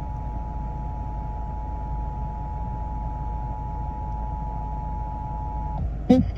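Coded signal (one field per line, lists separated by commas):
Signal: Emergency Alert System (SAME) tones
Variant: 853 and 960 Hz attention tone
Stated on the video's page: Illinois statewide tornado drill: NOAA Weather Radio required weekly test and FM station required monthly test activations.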